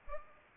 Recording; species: mosquito wingbeat signal from an infrared sensor; Culex pipiens